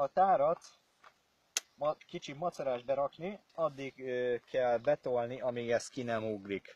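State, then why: Seated. A magazine is pushed into a spring-powered plastic airsoft-style toy gun, seating with one sharp click at 1.6 s. Someone talks before and after, explaining that it is a bit fiddly to insert and must be pushed in until a catch pops out.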